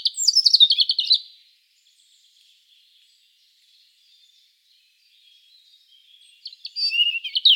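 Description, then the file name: European robin song: a rapid, descending jingle of high notes, a long pause with faint background song, then a new twittering phrase begins. "Erithacus rubecula"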